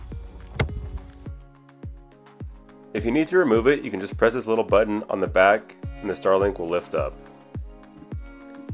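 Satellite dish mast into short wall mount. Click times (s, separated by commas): 0.6 s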